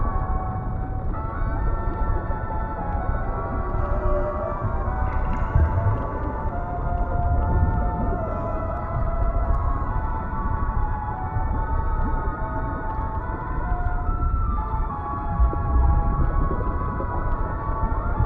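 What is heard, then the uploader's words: Muffled oldies music plays underwater, with sustained wavering tones over a thick low rumble that stays steady and dense throughout the eighteen seconds. Oldies music playing underwater in City.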